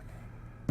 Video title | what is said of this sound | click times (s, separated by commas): Best 8MM Fisheye Lens under $250 for Canon, Nikon and Sony Cameras by Altura Photo® | and twist and don't let go into here click | 0.7 s